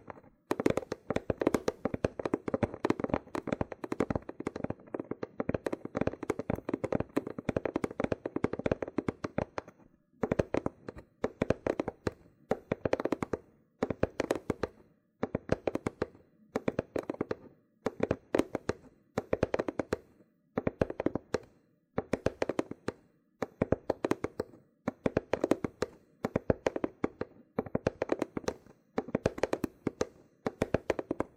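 Loofah peeling and popping: dense crackly snaps pour out steadily for ten seconds, then come in short bursts separated by brief silences.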